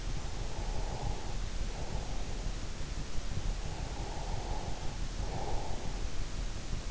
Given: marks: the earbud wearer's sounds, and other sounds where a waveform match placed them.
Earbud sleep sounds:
sounds in sleep by an in-ear microphone; breath
0.34-2.62 s: breath
3.59-6.00 s: breath

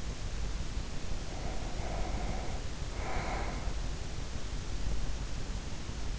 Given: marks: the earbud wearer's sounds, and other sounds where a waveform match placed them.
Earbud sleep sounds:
sounds in sleep by an in-ear microphone; breath
1.07-4.15 s: breath

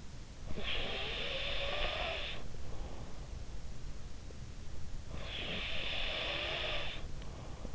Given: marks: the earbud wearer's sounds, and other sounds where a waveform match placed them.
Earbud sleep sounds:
sounds in sleep by an in-ear microphone; snoring breath
0.42-3.29 s: snoring breath
5.04-7.75 s: snoring breath

